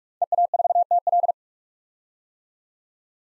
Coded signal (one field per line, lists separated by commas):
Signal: Morse code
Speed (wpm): 46 wpm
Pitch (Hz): 700 Hz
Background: none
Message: EA4TL